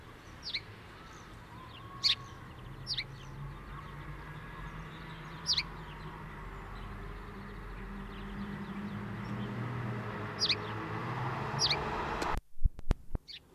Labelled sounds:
House Sparrow song

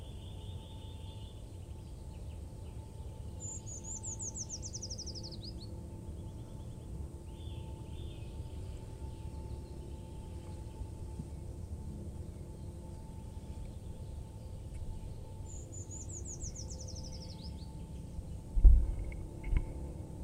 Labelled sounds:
Eurasian Nuthatch song

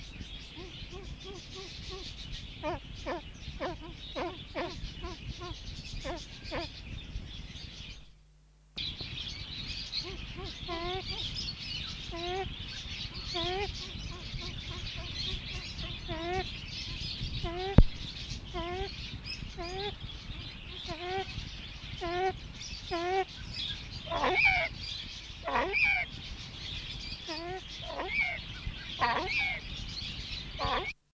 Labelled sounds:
Brown Eared Pheasant call

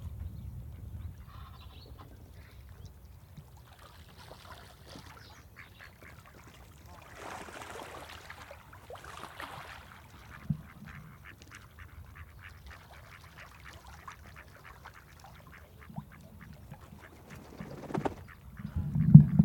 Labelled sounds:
Mallard

